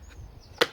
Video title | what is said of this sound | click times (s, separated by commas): Full review of Einhell Trimmer & Hedge Trimmer / Multitool | and then you click it on, and it's got a couple of tabs there that keep it clicked. | 0.6 s